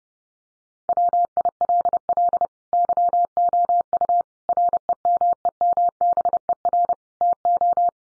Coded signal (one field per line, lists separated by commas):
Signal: Morse code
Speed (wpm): 29 wpm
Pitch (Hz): 700 Hz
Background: none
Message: WILL YOU REMEMBER TO